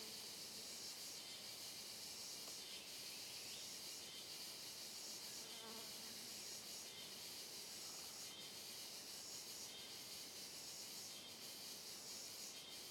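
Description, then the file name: Cicadas in chorus, a steady high-pitched hissing buzz that carries throughout with little change in loudness. Chorus of cicadas on a trail in dense forest, sound reverberating. "Coro de Cigarras em Trilha de Mata Fechada Reverberando"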